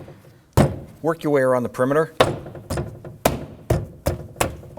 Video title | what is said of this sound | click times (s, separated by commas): How to Replace Rear Exterior Door Handles 2005-2009 Subaru Legacy | bumping it on, locking it into place. | 3.3 s, 3.7 s, 4.1 s, 4.4 s